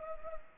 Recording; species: mosquito wingbeat signal from an infrared sensor; Culex pipiens